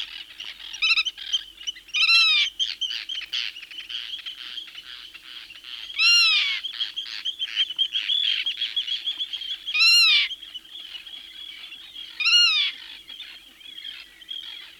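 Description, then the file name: Black-tailed godwit calls: loud, arched, nasal calls repeated every few seconds among a constant crowded chorus of chattering birds. "British Library - Black-tailed Godwit"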